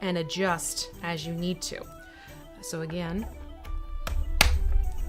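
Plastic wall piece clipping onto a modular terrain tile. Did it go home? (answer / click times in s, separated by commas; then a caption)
yes / 4.4 s. A plastic terrain wall piece is pressed onto a modular terrain tile while someone talks over quiet background music. A sharp click at 4.1 s is followed by a loud snap at 4.4 s as the wall piece seats in place, with a faint tick after it.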